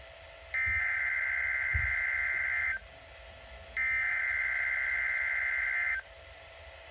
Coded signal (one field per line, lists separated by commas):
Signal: Emergency Alert System (SAME) tones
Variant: header bursts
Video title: EAS Severe Thunderstorm Watch 416 For Middle TN Jun 29 2023 Slight Risk Day